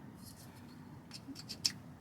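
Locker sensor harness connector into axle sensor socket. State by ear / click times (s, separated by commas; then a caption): seated / 1.7 s. The long end of a replacement rear locker sensor harness connector on a Jeep Gladiator is pushed into its plastic socket on the axle side, as a fix for a flashing rear locker indicator light. A couple of faint ticks at about 1.4 and 1.5 seconds lead into a sharp, bright snap at 1.7 seconds. The connector is seated.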